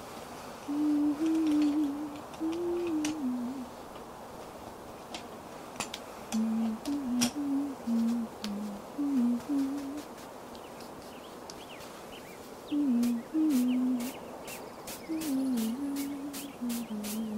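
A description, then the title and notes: Makeup being done outdoors: a low, smooth voice murmurs in short phrases, pausing between them, over a steady soft hiss. Sharp little taps and clicks land here and there, then come quickly and evenly near the end, with faint bird calls mixed in. Doing Your Makeup Outside on a Sunny Day.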